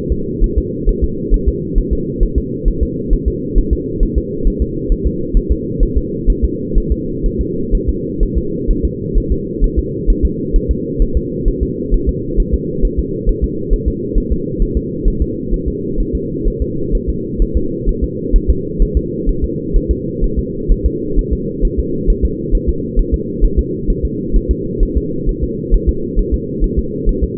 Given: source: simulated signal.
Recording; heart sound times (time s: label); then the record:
fetal heart sounds
0.12 s: S2
0.44 s: S1
0.58 s: S2
0.89 s: S1
1.04 s: S2
1.34 s: S1
1.48 s: S2
1.78 s: S1
1.93 s: S2
2.23 s: S1
2.38 s: S2
2.68 s: S1
2.83 s: S2
3.13 s: S1
3.28 s: S2
3.58 s: S1
3.73 s: S2
4.03 s: S1
4.18 s: S2
4.47 s: S1
4.62 s: S2
4.92 s: S1
5.07 s: S2
5.37 s: S1
5.52 s: S2
5.83 s: S1
5.97 s: S2
6.30 s: S1
6.44 s: S2
6.78 s: S1
6.92 s: S2
7.26 s: S1
7.41 s: S2
7.75 s: S1
7.89 s: S2
8.23 s: S1
8.38 s: S2
8.71 s: S1
8.85 s: S2
9.17 s: S1
9.32 s: S2
9.64 s: S1
9.79 s: S2
10.10 s: S1
10.25 s: S2
10.56 s: S1
10.71 s: S2
11.02 s: S1
11.17 s: S2
11.48 s: S1
11.63 s: S2
11.94 s: S1
12.09 s: S2
12.40 s: S1
12.54 s: S2
12.85 s: S1
12.99 s: S2
13.29 s: S1
13.44 s: S2
13.73 s: S1
13.88 s: S2
14.18 s: S1
14.32 s: S2
14.62 s: S1
14.77 s: S2
15.08 s: S1
15.22 s: S2
15.54 s: S1
15.68 s: S2
16.00 s: S1
16.15 s: S2
16.47 s: S1
16.62 s: S2
16.95 s: S1
17.09 s: S2
17.42 s: S1
17.57 s: S2
17.89 s: S1
18.04 s: S2
18.36 s: S1
18.50 s: S2
18.82 s: S1
18.97 s: S2
19.29 s: S1
19.44 s: S2
19.77 s: S1
19.91 s: S2
20.24 s: S1
20.39 s: S2
20.72 s: S1
20.86 s: S2
21.19 s: S1
21.33 s: S2
21.65 s: S1
21.79 s: S2
22.10 s: S1
22.25 s: S2
22.55 s: S1
22.69 s: S2
22.99 s: S1
23.14 s: S2
23.44 s: S1
23.59 s: S2
23.90 s: S1
24.05 s: S2
24.36 s: S1
24.51 s: S2
24.83 s: S1
24.97 s: S2
25.29 s: S1
25.44 s: S2
25.74 s: S1
25.89 s: S2
26.19 s: S1
26.34 s: S2
26.64 s: S1
26.79 s: S2
27.09 s: S1
27.24 s: S2
From the record:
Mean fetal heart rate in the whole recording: 130 bpm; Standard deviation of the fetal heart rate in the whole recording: 4 bpm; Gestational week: 38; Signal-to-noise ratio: -6.6 dB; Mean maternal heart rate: 72 bpm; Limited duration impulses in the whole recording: present